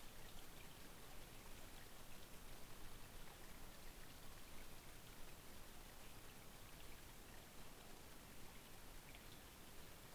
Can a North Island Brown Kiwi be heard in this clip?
no